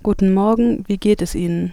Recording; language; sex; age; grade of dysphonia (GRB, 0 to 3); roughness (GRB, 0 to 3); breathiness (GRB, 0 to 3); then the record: spoken sentence; German; female; 18 to 19 years; 1; 1; 0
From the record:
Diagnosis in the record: healthy voice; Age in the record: 19 years